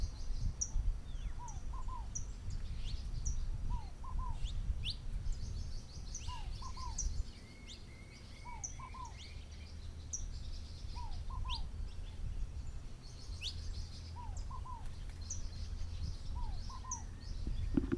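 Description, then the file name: Birds calling in the morning: a double whistled note recurs regularly, while high thin chips and a brief rattling trill sound over a strong low-pitched background rumble. Birds calling in the morning at a farm (fazenda) in Goiás, Brazil. "Morning Birds at a Fazenda in Goias Brazil"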